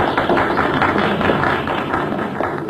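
An audience applauds, a dense, steady patter of many hands clapping at once, loud and continuous for the whole stretch with no talking over it.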